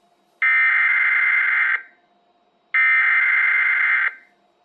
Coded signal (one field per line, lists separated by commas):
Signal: Emergency Alert System (SAME) tones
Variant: header bursts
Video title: Post-Ides of March Alerts - EAS Alerts from 3/15-16/26 (New EAS 980-986)